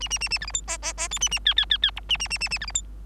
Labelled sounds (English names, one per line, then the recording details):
Bengalese Finch song
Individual Bird3